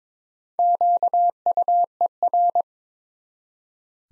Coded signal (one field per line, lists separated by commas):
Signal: Morse code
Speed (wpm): 22 wpm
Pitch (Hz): 700 Hz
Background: none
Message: QUER